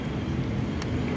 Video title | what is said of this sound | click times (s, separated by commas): DIY Cara Ganti Radiator Mobil Kia All New Rio - Coolant Pertamina | Sampai bunyi klik gitu | 0.8 s